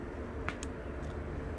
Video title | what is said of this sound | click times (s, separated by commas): PC Build 2020 AMD Ryzen 5 1600AF | So there's locked into place, as you can see, | 0.5 s, 0.6 s